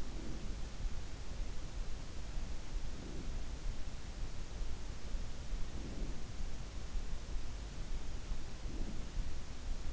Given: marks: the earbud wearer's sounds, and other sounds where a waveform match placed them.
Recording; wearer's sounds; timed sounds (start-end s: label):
sounds in sleep by an in-ear microphone; breath
0.00-0.72 s: breath
2.69-3.68 s: breath
5.68-6.31 s: breath
8.45-9.00 s: breath